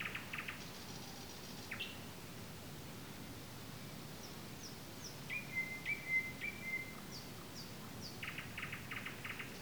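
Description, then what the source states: Nightingale song in short separated phrases: a buzzy high note, then a clear level whistle repeated three times, and a closing burst of dry rattling notes, over soft hiss. Recorded 15 May 2022.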